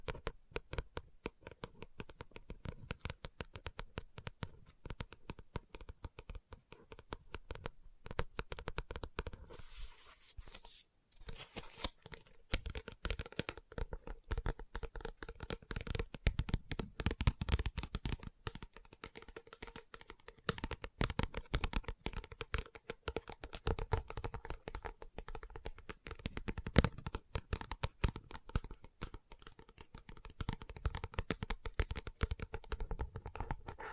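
Book tapping, scratching and page turning in a dense, irregular stream of quick dry taps and rustles, with a brief pause near eleven seconds.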